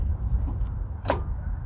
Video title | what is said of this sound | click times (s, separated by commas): Hensley Arrow Installation Tutorial. by Camp Talk Live | Hear that click? | 1.1 s